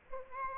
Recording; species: mosquito wingbeat signal from an infrared sensor; Aedes aegypti